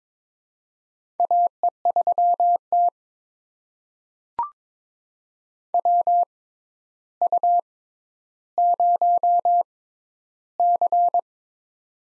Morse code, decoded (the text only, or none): AE3T WU0C